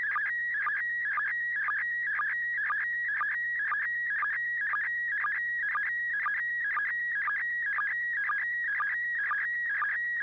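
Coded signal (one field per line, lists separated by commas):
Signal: SSTV (slow-scan television)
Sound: warbling tone near 1.9 kHz with rhythmic chirpy bursts and low sync blips, twice a second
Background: low mains hum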